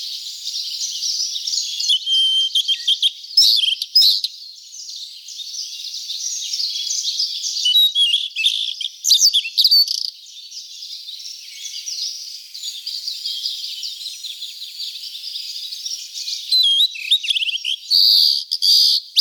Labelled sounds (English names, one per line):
Blue-and-white Flycatcher song